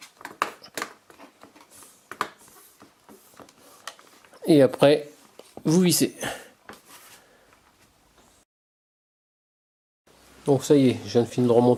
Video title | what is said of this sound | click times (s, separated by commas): Remplacement clavier pc portable Asus R556 L | vous appuyez partout de façon à ce que vous entendez les clics des clips ceux qui se remettre en place donc | 0.4 s, 2.1 s, 2.2 s, 3.9 s